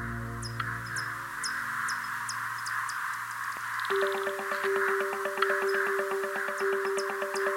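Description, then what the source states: Bat calls as sharp repeated clicks that quicken into a dense buzz, with a steady tone and hum underneath. Bat feeding buzzes, recording provided by researcher Hugo Rebelo.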